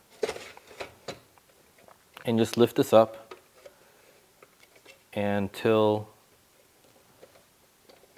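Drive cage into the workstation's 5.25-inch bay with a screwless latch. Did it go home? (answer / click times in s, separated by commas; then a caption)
no / none. A trayless hot-swap drive cage is being fitted into the 5.25-inch bays of an HP Z840 workstation, which use a screwless latch that is lifted to lock the cage in place. Light handling taps and knocks sound in the first two seconds, with quieter ticks around 4.4–4.6 s, while someone talks. Nothing has seated or clicked yet.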